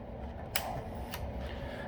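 A screw is driven tight through a Cliffy plastic protector into the metal ramp of a Medieval Madness pinball machine, with a sharp pop at 0.6 s as the metal ramp lifts up around the screw, then a fainter tick at 1.1 s over a steady low background hum. The screw is seated tight without stripping, and the pop is the good sound that confirms it.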